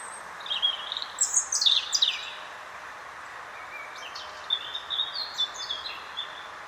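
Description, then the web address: European robin singing two separate bursts of high, thin, jangling notes, the second softer and more scattered, with steady background hiss. "SETE Erithacus rubecula"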